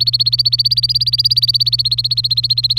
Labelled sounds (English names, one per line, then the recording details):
Domestic Canary song
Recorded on 26 April 2018 at 17:49
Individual llb3